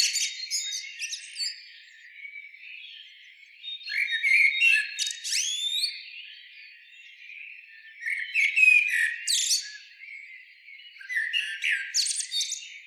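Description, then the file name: Common blackbird calls come in four loud scratchy bursts roughly four seconds apart, with quieter thin whistles and twitters between them. "Turdus merula"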